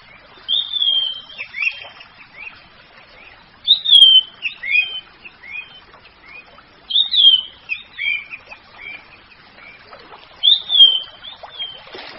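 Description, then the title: Orange-headed thrush song: several varied phrases of slurred whistled notes with scratchy twitters, a few seconds apart. "Anis Merah"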